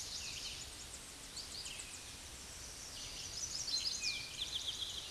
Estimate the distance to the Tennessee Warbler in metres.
about 35 m